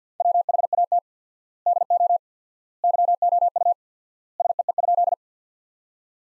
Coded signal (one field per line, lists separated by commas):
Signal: Morse code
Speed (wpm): 50 wpm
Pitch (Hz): 700 Hz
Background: none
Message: WHAT DO YOU SEE?